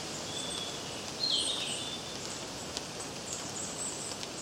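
Birds chirping, with a clear high whistled phrase near the start, then faint high chirps over a constant hiss.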